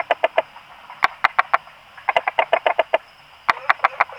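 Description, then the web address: Frog, short bursts of several clucking pulses with brief pauses between, over a steady faint high-pitched hum. Recorded 26 April 2020, between 18 and 20 h. "frog rec 18-20 20200426"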